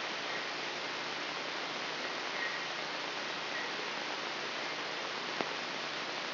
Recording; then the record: brain microelectrode recording played as sound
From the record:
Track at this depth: inside the subthalamic nucleus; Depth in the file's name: 4.107 mm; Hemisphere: left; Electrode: 3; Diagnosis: Parkinson's disease